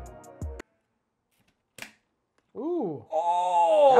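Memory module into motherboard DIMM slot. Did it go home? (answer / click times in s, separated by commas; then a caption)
yes / 1.8 s. A DDR4 memory stick is pressed into a motherboard DIMM slot until the slot's retention latch snaps shut. After a brief burst of music ends around 0.6 s and a stretch of near silence, a single sharp click sounds at 1.8 s, then someone talks. The stick is seated with a clean, solid click.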